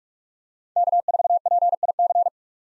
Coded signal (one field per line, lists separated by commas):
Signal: Morse code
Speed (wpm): 46 wpm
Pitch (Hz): 700 Hz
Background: none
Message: K4PIC